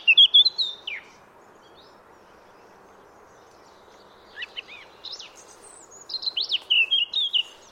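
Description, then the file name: Eurasian blackcap song: a brief whistled phrase, a pause, then scratchy notes building into a fast run of varied whistles, over steady low noise. "Sylvia atricapilla"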